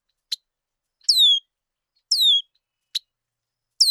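Bird song: sweeping high whistles falling in pitch, with a couple of brief sharp chips, roughly one sound every second.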